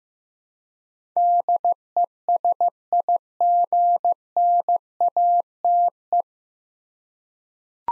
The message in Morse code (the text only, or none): DESIGNATE